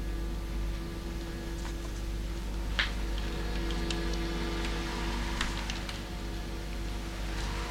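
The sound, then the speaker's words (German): Steady rain patters on a surface, a constant wash of noise dotted with scattered sharper drips and taps, with a low rumbling hum underneath and no voices. “Der Regen kann nicht schaden.”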